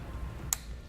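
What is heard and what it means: A plastic trailer wiring harness connector (56096), its terminal end greased with dielectric grease to keep out moisture and prevent corrosion, is plugged into the matching tail light harness connector on a 2012 Cadillac SRX. One sharp, very short click is heard at 0.5 s as the connector locks into place and is seated.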